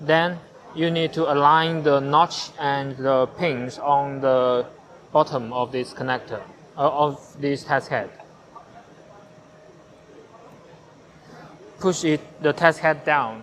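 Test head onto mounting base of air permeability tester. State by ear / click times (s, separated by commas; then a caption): not seated / none. Someone talks while the test head of an RF4308E air permeability tester is turned to line up its notch with the pins on the connector base of the mounting base, before it is pushed down. A quieter stretch with a faint steady hum falls between the talking. Nothing has seated or clicked yet.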